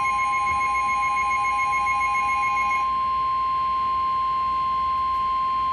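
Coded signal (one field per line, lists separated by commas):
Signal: Emergency Alert System (SAME) tones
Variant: 1050 Hz attention tone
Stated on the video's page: Severe thunderstorm warning SAME tones from NOAA Weather Radio station in Columbus, Ohio.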